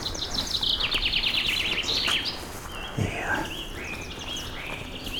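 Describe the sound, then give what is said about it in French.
Birds sing loudly at 7 pm in a clearing of flowered alpine meadow, in rapid series of high, repeated chirps and trills, with several calls overlapping and a brief sweeping note midway, over a steady background hiss. “Ces oiseaux qui à 19h du soir s'égosillent au milieu de ce tapis soyeux d'herbes, de gouttelettes de rosée, des fleurs et surtout”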